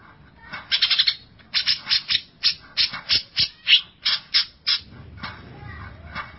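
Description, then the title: Greater Green Leafbird giving harsh, scratchy call notes: a quick burst, then a string of rasping notes, with quieter scattered notes toward the end. "Cucak ijo"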